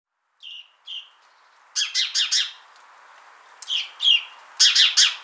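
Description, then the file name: House sparrow with two soft opening notes, then groups of loud, scratchy chirps repeated in short runs. "Passer domesticus"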